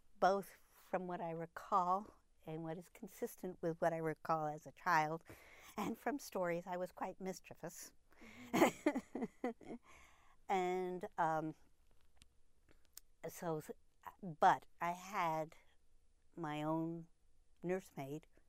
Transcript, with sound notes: both from what I recall and what is consistent with what I recall as a child and from stories, I was quite mischievous. (she laughs) But I had my own nurse maid